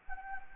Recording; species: mosquito wingbeat signal from an infrared sensor; Anopheles gambiae